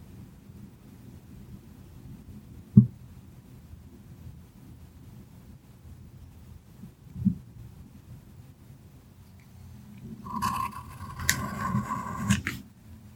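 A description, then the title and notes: Soft pencil tracing runs as a low, steady rasp through most of the stretch, with a sharp tap near three seconds and another brief scrape around seven. Near the end, from about ten seconds, a brighter crinkling rustle like paper rises, with a thin steady tone beneath it. Soft tracing with pencils.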